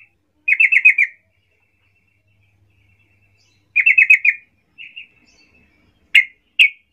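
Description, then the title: Yellow-vented Bulbul song: two quick stuttering, bubbly phrases about three seconds apart, a brief soft note, then two sharp single notes, with silence between. Local name trucuk; vigorously singing (gacor) bird used as a lure (pancingan), described as ropel ngalas, to make other trucuk birds sing. "GACOR Ropel Ngalas Pancingan Trucukan Agar Bunyi Jadikan Burung Trucuk"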